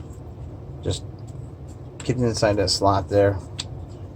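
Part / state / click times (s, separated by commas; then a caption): cylinder of a prop revolver going into the frame / seated / 3.6 s. The swing-out cylinder of a 3D-printed plastic prop revolver is brought down into the frame and slips into a slot while someone talks. A sharp click at 3.6 seconds marks the cylinder locking into place in the frame.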